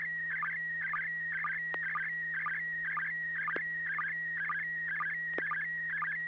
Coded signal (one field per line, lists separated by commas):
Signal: SSTV (slow-scan television)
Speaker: it it actually came through really well for me it's a super good resolution few pixelations I see